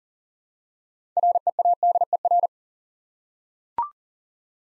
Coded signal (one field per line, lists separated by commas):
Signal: Morse code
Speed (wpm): 38 wpm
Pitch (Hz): 700 Hz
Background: none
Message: READER